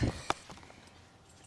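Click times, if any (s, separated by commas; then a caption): 0.3 s. Working alone inside an Eagle Peak pop-up greenhouse, a person pushes up on the center poles of the folding metal frame. After a low rumbling thud at the start, a single sharp click at 0.3 s marks the center hub locking into position, followed by faint light rattles. The hub is seated, locking the folding poles.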